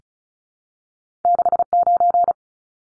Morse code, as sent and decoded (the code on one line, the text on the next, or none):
-.... ----.
69